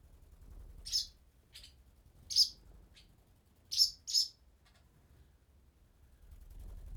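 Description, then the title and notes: Swallow chicks producing a few sharp, high begging squeaks at irregular intervals, with quiet pauses and a low hum in between. Nestlings moving in their nest in a nearby cellar, parents coming to feed them; Chaussenans, France; excerpt of a long recording, 96/32, MixPre-6 II, DPA 4022 ORTF in Cinela Albert. "BB HIRONDELLES CAVE, 39800 Chaussenans, France - BÉBÉ HIRONDELLES NID DANS LA CAVE. NID D'HIRONDELLES DANS LA CAVE EN PROXIMITÉ. Les Bébé bougent dans leur nid et leur parents viennent les nourrir"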